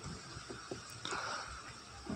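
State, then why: Seated. On a KPV 150 / Skygo 150 motorcycle, the outer cover was trimmed because it would not fit, and the air filter cover is pressed onto the airbox housing. One sharp click sounds at 1.0 s as the cover locks into place, amid low handling noise. The cover is seated and locked.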